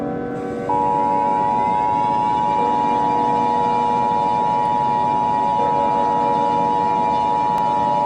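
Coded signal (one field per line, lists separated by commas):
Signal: Emergency Alert System (SAME) tones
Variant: 853 and 960 Hz attention tone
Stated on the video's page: Fictional scenario.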